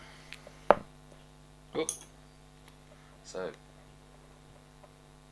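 The plastic ball cup of a sway bar link on a 3Racing Sakura Ultimate RC car is handled near its ball stud while fitting the front and rear sway bars, with brief sharp ticks over a steady low hum as someone talks. Nothing has seated or clicked yet.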